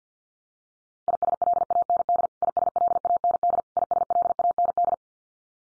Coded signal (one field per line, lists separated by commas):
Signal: Morse code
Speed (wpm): 50 wpm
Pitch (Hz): 700 Hz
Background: none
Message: ISLAND ISLAND ISLAND